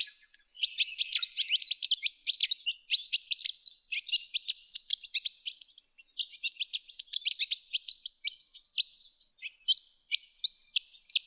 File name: pintailed paradise whydah